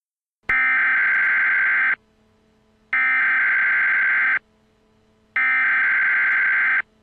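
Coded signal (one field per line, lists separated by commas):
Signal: Emergency Alert System (SAME) tones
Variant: header bursts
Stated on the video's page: Real EAS activations during the St. Louis tornado, presented as a timeline.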